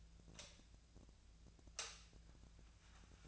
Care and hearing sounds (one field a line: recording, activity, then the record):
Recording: daily activity, microphone in the room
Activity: light on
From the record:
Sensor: 2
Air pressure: 1009.7 hPa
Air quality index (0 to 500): 181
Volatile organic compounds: 10 ppm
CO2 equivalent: 2264 ppm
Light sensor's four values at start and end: 27/67/29/32 and 32/85/36/38